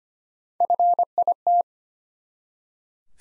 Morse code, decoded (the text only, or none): FIT